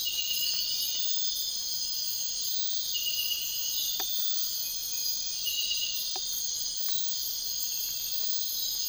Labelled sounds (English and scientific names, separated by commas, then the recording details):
none
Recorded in dense forest near Puerto Asís, Putumayo, Colombia, on 13 March 2025 at 02:30
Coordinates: 0.500, -76.322
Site GP06